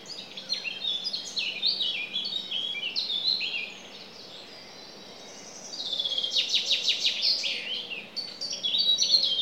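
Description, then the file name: Common chaffinch song: several bursts of fast, repeated bright notes, with a quieter pause between them. "Fringilla coelebs"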